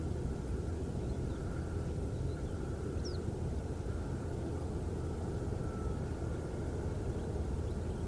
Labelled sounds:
Western Yellow Wagtail
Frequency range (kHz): Western Yellow Wagtail 2.5-6.3 kHz
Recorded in France

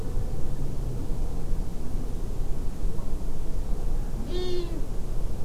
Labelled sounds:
Long-eared Owl
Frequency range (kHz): Long-eared Owl 0.2-7.7 kHz
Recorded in France

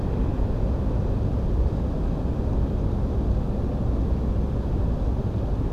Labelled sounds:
none
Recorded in France

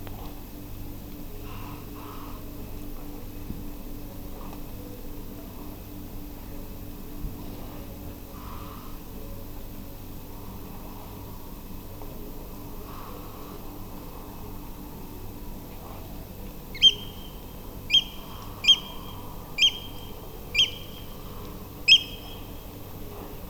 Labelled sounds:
Eurasian Oystercatcher
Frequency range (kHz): Eurasian Oystercatcher 1.6-13.1 kHz
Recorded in France

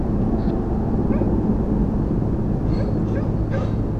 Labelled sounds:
Common Snipe
unidentified animal sound
man-made sound
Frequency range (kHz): Common Snipe 2.2-5.6 kHz
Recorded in France

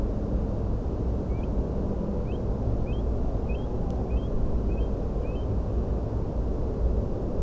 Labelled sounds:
Eurasian Stone-curlew
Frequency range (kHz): Eurasian Stone-curlew 2.0-3.6 kHz
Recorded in France

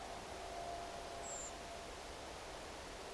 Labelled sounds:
Redwing
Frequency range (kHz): Redwing 6.5-8.5 kHz
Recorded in France

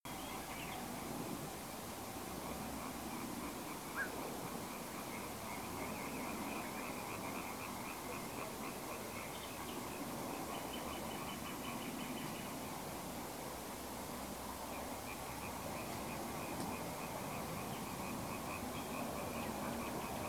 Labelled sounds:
Common Nightingale
unidentified animal sound
Black-crowned Night-Heron
unidentified sound
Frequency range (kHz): Common Nightingale 1.8-3.7 kHz; Black-crowned Night-Heron 1.0-2.5 kHz
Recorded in France

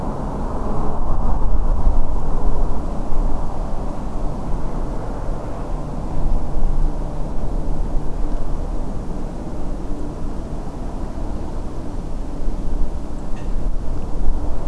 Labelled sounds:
Song Thrush
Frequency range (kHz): Song Thrush 7.5-8.8 kHz
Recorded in France

